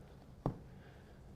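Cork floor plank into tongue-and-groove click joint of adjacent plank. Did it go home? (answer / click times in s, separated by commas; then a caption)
yes / 0.5 s. A cork click-lock floor plank in the second row is tilted down and pressed into the tongue-and-groove joint of the neighbouring plank. A single sharp click sounds at 0.5 s against a quiet background, and the plank seats and locks in place.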